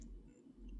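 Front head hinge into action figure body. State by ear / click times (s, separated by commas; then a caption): not seated / none. The front hinge of the head on a Star Wars Black Series Droideka action figure is handled and lined up against its plastic body while converting to ball mode. Only a faint tick near the start and soft low handling noise are heard. Nothing has seated or clicked yet.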